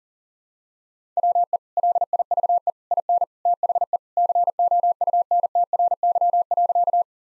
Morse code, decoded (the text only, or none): WE LIVE IN THE COUNTRY.